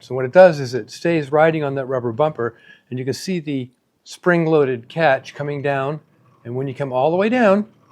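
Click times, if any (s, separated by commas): none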